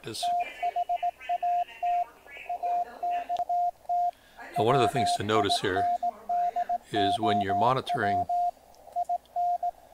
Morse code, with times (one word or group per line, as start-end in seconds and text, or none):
0.2-2.0 THAT
2.5-4.1 AXT
4.6-8.5 WINDOW
9.0-9.7 IN